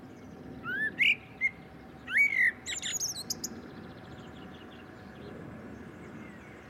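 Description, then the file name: Common blackbird giving rising fluted whistles and a high chattering ending, followed by quiet background. "Turdus merula"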